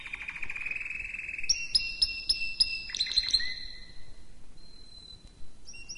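Canary song, softer: a low warbling trill, then crisp repeated chip notes about four per second and a thin high whistle at the end.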